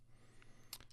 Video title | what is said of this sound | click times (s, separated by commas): Blaze MTL RTA - Unboxing et avis | Et ça clipse en place. Hop. C'est assez satisfaisant, ça marche assez bien. | 0.7 s